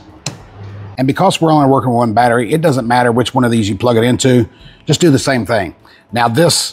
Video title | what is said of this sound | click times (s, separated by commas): FIRST LOOK!!! Bluetti B300K Expansion Battery | pull the cap off of this and simply push it in until it snaps | 0.3 s